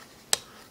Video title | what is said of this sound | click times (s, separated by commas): Transformers Prime RiD Voyager MEGATRON | see it clicks and then it might pop back out again later hopefully it doesn't | 0.3 s